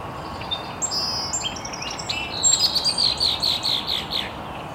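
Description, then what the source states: Birds chirping, thin whistled notes then a quick run of repeated bright chips over soft hiss. Birds chirping very early in the morning in an estuary.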